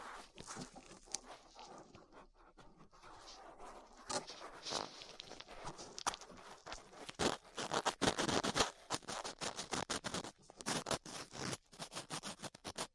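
Ear cleaning with latex gloves, a dental pick and cotton swabs: dense, bright scratching and rubbing with sharp crackles. It starts softer and sparser, then from about seven seconds grows louder with rapid bursts of scraping, ending in quick irregular strokes.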